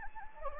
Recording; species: mosquito wingbeat signal from an infrared sensor; Anopheles gambiae